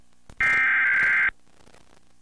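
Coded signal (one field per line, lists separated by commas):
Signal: Emergency Alert System (SAME) tones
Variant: header bursts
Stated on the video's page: Mock EAS alert made from two macros mixed together, not a real alert.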